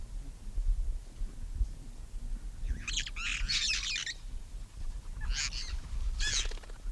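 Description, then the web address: Red-fronted parrot giving harsh, grating screeches in two bursts, a longer rasping series followed by two short squawks, over a low rumbling background hum. "parrots poicephalus-gulielmi"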